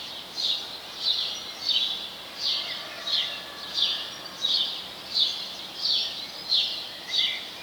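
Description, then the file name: House sparrow calling with evenly spaced single chirps, about eleven in a row, each sharp and slightly falling, over faint steady noise. "Passer domesticus"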